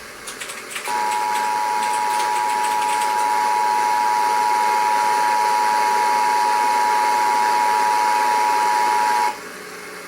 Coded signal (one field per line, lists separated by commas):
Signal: Emergency Alert System (SAME) tones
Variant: 853 and 960 Hz attention tone